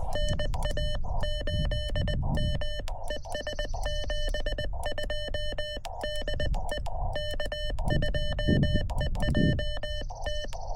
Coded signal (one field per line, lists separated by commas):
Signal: Morse code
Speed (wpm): 20 wpm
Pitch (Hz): 3000 Hz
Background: none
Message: NA8M ES 72 DE K2EJT